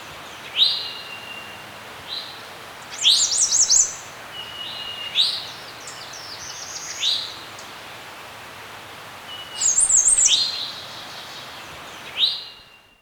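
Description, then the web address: Bird chirping with high rising notes and fast trilled bursts, calls coming every second or two before fading out at the end. Serene forest setting. "Dr Sound Effects. Birds Chirping In a Serene Forest"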